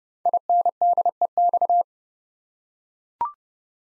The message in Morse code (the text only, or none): INDEX